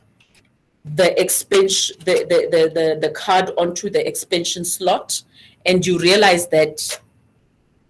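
An expansion (graphics-type) card is handled at a motherboard expansion slot while someone talks through most of the clip, with only a couple of faint ticks near the start. The card has not seated or clicked into the slot yet.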